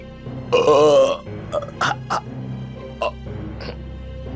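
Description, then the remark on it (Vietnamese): A man burps: a long, loud, croaking burp rolls out first, followed by several shorter gulping burps and hiccup-like bursts spaced unevenly over the next few seconds. “từ trong cổ họng ông phát ra những tiếng ợ hơi rất là lớn”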